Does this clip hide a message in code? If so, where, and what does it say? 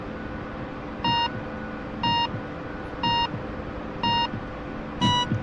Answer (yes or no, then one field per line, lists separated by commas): no